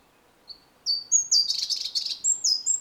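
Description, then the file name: European robin song: thin high whistles leading into a dense, scratchy jumble, then clear high whistled notes at the close. "Erithacus rubecula"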